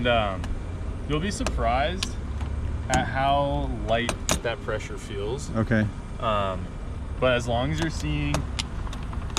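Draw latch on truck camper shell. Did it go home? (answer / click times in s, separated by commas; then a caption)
yes / 9.4 s. Someone talks while a draw latch on an OVRLND Campers popup camper shell fitted to a Power Wagon truck is pulled down with deceptively light pressure. A few faint taps are followed by a sharp snap at 9.4 s as the latch closes and seats in place.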